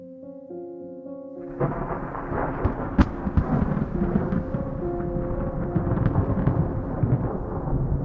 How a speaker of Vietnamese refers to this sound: Tiếng sấm vang lên rền trời, từng ánh chớp như tia lửa điện xẹt ngang, vẽ lên những đường chằng chịt.